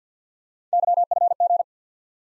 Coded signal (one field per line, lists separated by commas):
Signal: Morse code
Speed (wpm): 50 wpm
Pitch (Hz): 700 Hz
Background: none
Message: YFG